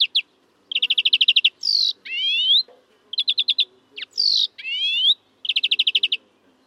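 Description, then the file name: European greenfinch alternates fast rattling trills with drawn-out buzzy wheezes and rising slurred notes, the pattern repeating twice in quick succession. "Chloris chloris"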